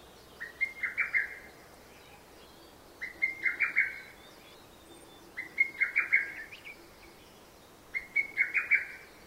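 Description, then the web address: Lesser cuckoo with four evenly spaced, hurried phrases of five or six emphatic notes, each repeated about every two and a half seconds. "hototogisu nakigoe"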